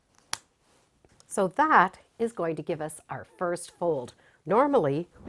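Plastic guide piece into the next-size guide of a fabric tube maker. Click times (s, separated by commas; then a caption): 0.3 s. A plastic guide piece of a Clover fabric tube maker is lined up and pushed into the next-size guide, and it clicks into place with a sharp snap at 0.3 s. Quieter small clicks come just before and after, then someone talks.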